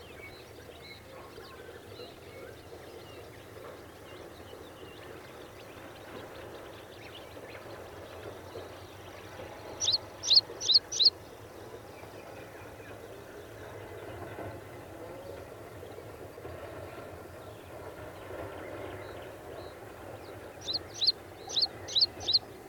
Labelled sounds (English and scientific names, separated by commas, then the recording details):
Meadow Pipit (Anthus pratensis)
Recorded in the wild
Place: Viervitz, Insel Rügen, Mecklenburg-Vorpommern, DE
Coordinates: 54.377, 13.536
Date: 1975-06-01 20:00
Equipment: Nagra III BH, Sennheiser MD 21, parabola
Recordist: Schubert, Michael
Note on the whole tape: Rufe Wiesenpieper, Gesang anfang